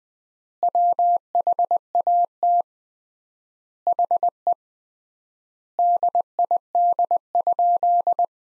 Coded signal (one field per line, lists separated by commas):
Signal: Morse code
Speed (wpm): 20 wpm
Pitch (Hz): 700 Hz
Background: none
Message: WHAT HE DID?